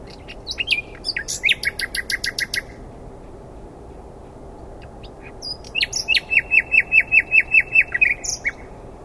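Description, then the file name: Common nightingale song: a varied phrase of sharp notes and a rapid dry rattle, a pause of about three seconds, then a long series of repeated pure whistled notes. "Luscinia megarhynchos"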